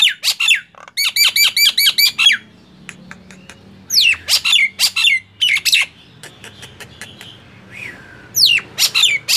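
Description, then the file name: Nias hill myna calling with a rapid stuttered series of notes, then scattered loud squawks and whistles after a quiet stretch. "suara jalak nias"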